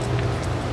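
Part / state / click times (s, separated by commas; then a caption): wiring harness connector onto ignition coil / not seated / none. The power wire connector on a 2011 Nissan Altima 2.5 is handled as it goes onto a newly installed ignition coil that is still loose in its well, with its plastic latch not yet engaged. A steady low hum and rumble runs throughout, with brief soft hissy rustles around 0.2 s and 0.45 s. Nothing has seated or clicked yet.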